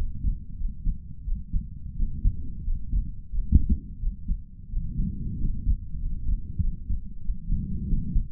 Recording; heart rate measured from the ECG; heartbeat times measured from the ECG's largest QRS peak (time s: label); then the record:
heart sounds by stethoscope; 90 bpm
0.56 s: heartbeat
1.23 s: heartbeat
1.94 s: heartbeat
2.62 s: heartbeat
3.30 s: heartbeat
3.98 s: heartbeat
4.68 s: heartbeat
5.36 s: heartbeat
5.98 s: heartbeat
6.59 s: heartbeat
7.21 s: heartbeat
7.85 s: heartbeat
From the record:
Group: healthy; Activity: rest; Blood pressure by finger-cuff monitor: 106/67 mmHg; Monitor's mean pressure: 77 mmHg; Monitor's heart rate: 91 bpm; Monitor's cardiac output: 6.3 L/min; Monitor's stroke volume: 70 mL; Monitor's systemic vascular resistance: 870 dyn s/cm5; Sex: male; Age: 22 years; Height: 181 cm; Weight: 60 kg